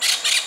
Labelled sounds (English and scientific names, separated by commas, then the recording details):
Brown-throated Parakeet (Eupsittula pertinax) contact call
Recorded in Venezuela